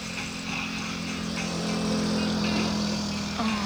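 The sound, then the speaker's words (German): A bus engine rumbles with a steady low drone and a broad rushing noise, swelling slightly in loudness as it goes by, with no voices present. “Irgendein Bus.”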